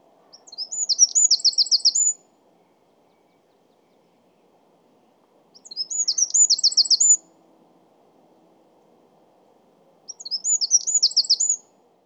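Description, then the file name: Eurasian wren delivering three short, high, rattling song bursts, each under two seconds, separated by quiet gaps of about three seconds. "Troglodytes troglodytes"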